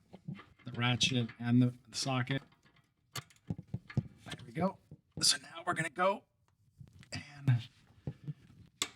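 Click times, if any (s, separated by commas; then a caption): 8.8 s. A torque wrench with a socket tightens a new oxygen sensor into the exhaust of a Civic while someone talks. A few small ratcheting ticks and knocks come before a sharp click at 8.8 s, when the wrench reaches its torque setting.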